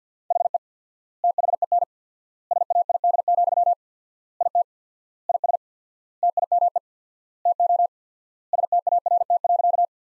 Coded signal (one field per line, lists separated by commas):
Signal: Morse code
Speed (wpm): 50 wpm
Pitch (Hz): 700 Hz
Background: none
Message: HE THEN SAID, IT IS TIME TO START.